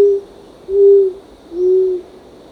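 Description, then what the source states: Short-toed coucal hoots: a clipped note at the start followed by two full, low, mellow hoots, insects droning high behind. Recorded on 1 April 2006.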